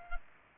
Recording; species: mosquito wingbeat signal from an infrared sensor; Culex pipiens